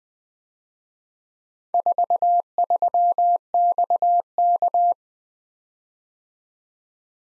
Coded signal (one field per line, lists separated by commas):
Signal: Morse code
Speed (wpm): 19 wpm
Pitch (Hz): 700 Hz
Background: none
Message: 43XK